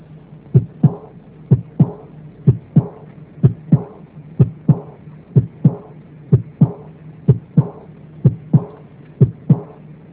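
Adult heart heard through a stethoscope, with a diastolic murmur of aortic regurgitation.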